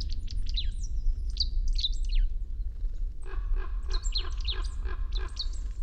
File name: Poecile palustris